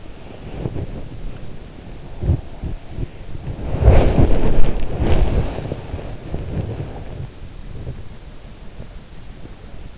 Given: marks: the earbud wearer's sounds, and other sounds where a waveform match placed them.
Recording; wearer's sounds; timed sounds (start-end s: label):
sounds in sleep by an in-ear microphone; body movement
0.00-8.13 s: body movement